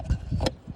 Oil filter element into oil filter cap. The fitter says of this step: It snaps right in place, just like that.